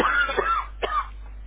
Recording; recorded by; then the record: voluntary cough; telephone call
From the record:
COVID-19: positive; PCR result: checked with the laboratory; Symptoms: yes